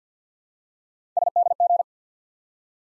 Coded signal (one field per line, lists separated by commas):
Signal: Morse code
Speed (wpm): 51 wpm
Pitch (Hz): 700 Hz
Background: none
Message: SDG